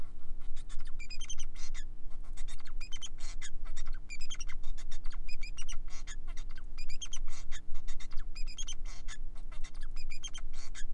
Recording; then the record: song of a male Bengalese finch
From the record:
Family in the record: son of father 4